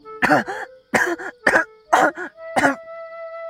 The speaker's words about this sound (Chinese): 同时两人落到了那块冰上直咳嗽。两人是谁？自然是展昭和白玉堂。白玉堂靠着一根冰柱直拍胸口，展昭更夸张，捏着鼻子咳嗽，身后已经恢复了无形状态的娇娇帮着展昭拍背。